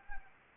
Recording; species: mosquito wingbeat signal from an infrared sensor; Anopheles gambiae